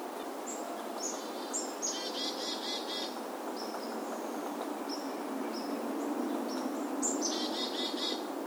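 Bird song of high chirps and buzzy note series repeated against a steady rushing background noise, with scattered short high calls between phrases.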